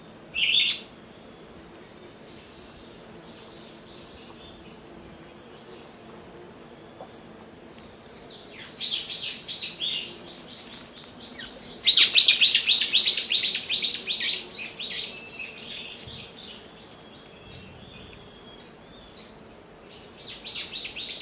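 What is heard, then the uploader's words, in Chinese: Morning birdsong: a steady train of short, high chirps repeats about twice a second throughout, while bursts of busier, overlapping bird calls swell in around nine seconds and peak near twelve. A faint low hum lies underneath. 大自然的声音-晨曦鸟鸣。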